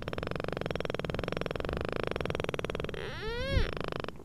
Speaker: Und so klingt es, wenn der Schweinswal leise knattert, klickt und quietscht.